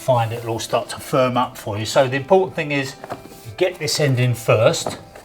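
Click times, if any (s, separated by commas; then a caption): none. Someone talks while an installer handles a Karndean Palio Core rigid-core luxury vinyl floor plank, working its end into the joint of the previous row first. Nothing has seated or clicked into place yet; the clip ends just before the plank goes home.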